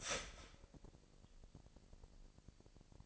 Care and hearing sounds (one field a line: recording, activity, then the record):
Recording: daily activity, microphone in the room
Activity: start toaster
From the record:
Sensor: 5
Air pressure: 1007.2 hPa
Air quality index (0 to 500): 125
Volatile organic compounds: 1 ppm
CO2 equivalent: 955 ppm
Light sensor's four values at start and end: 31/71/29/31 and 31/71/30/31